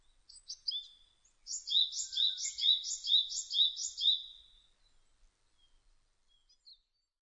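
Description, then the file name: Japanese tit song, a run of rhythmic two-part whistled phrases repeated rapidly, then a few soft notes. Recorded on 26 April 2006. "060426 sijyuukara"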